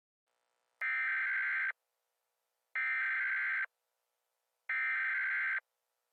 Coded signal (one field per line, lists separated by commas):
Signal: Emergency Alert System (SAME) tones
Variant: header bursts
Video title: EAS Scenario: The Malibu Prison Break